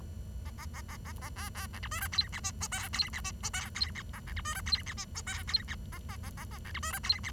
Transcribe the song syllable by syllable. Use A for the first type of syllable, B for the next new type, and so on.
A A A A A A B B C D E F G H I J K G H I J K G H A C D E F G H I J K G H I A A A A C D E F G H